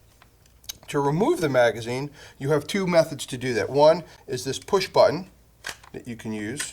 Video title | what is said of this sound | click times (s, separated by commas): Z5P disassembly and reassembly | You want to make sure that the magazine locks in place. | 0.7 s